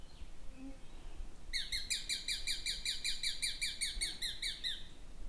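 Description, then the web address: Sharp-shinned hawk calling a fast series of high kek notes for about three and a half seconds, against faint low background noise. "sound Sharp-shinned-hawk. صدای-پرنده-باز-ساقتیز"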